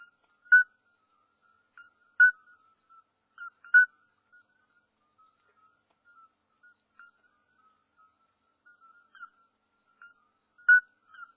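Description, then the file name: Toad call: brief clear whistled peeps at a fixed pitch, a few loud notes among softer ones spaced irregularly; otherwise quiet. "crapaud"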